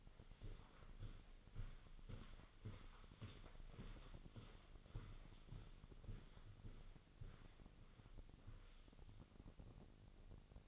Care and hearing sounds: daily activity, microphone in the room; walk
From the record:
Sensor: 4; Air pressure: 1010.1 hPa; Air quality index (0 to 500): 172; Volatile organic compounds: 2 ppm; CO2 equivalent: 1251 ppm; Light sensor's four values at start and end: 53/130/55/60 and 53/131/55/60

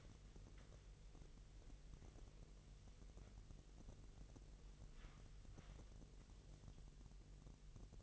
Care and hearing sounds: daily activity, microphone in the room; wipe stove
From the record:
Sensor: 4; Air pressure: 1001.9 hPa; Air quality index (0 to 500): 247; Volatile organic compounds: 40 ppm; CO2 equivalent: 3154 ppm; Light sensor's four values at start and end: 9/19/7/7 and 9/19/7/7

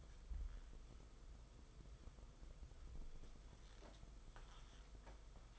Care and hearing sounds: daily activity, microphone in the room; wipe stove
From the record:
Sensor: 5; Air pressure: 990.7 hPa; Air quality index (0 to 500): 158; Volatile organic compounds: 228 ppm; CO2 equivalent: 4298 ppm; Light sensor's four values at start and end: 43/122/49/53 and 43/124/49/53

